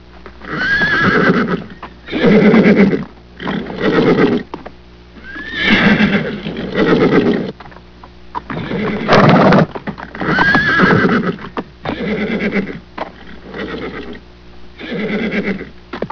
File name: HORSE